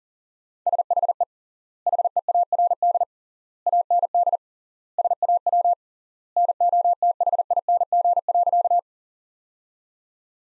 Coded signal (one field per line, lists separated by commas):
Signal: Morse code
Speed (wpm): 40 wpm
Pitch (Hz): 700 Hz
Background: none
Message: SHE HEARD AND SAW NOTHING.